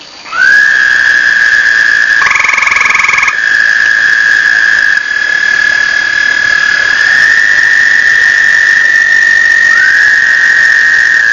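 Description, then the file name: A toad begins a steady musical trill, briefly overlapped by a coarser pulsed trill from another toad, with further toads joining in at slightly different pitches later. Recorded 1 May 2007. "batesline toads"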